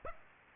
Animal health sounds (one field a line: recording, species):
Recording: mosquito wingbeat signal from an infrared sensor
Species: Aedes aegypti